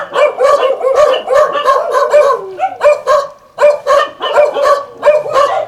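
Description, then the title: Dogs barking continuously, rapid overlapping yaps with one short pause midway. Several dogs at El Borge. "Dogs Of El Borge"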